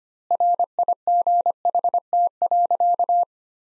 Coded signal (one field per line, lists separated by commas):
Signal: Morse code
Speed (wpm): 25 wpm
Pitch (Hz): 700 Hz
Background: none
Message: RIGHT.